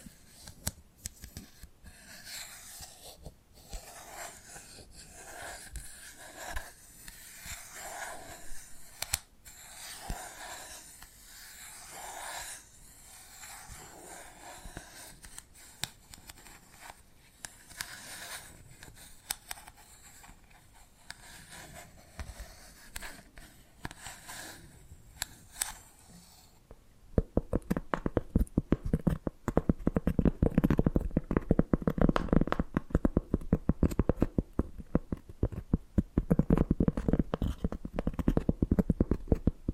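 Tapping and scratching sounds run throughout, with quick irregular taps and soft scraping at a fairly busy pace for the first twenty-seven seconds. Then the sound changes abruptly to louder, denser, lower scratching that continues steadily to the end.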